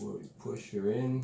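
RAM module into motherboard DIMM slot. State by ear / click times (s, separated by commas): not seated / none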